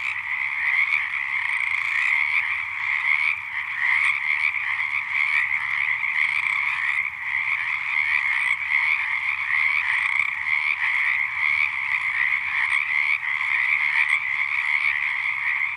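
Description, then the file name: Frogs calling in a dense, continuous chorus of rapid, overlapping trills, a steady wall of sound without pauses. "Ledson Frogs"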